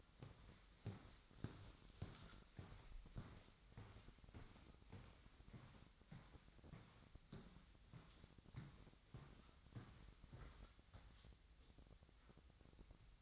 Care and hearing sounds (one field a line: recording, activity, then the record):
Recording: daily activity, microphone in the room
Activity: walk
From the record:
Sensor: 3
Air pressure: 1001.6 hPa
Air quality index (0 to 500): 226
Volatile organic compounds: 32 ppm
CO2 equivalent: 3000 ppm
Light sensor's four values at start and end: 12/36/16/13 and 12/35/15/13